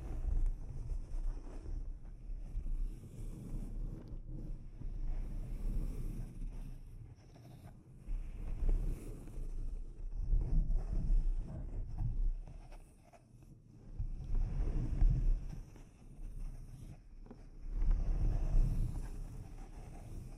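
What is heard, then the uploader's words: Muffled scratching and rubbing on a microphone, heavy with low rumbling thumps that sound like wind buffeting. The handling comes in uneven waves, each lasting a second or two, with a brief quieter lull around the middle and faint soft hiss above. ASMR Delicate Mic Scratching and Tapping Triggers for Instant Sleep (No Talking).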